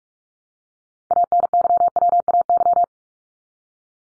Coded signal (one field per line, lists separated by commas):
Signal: Morse code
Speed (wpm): 44 wpm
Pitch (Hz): 700 Hz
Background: none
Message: ANYWAY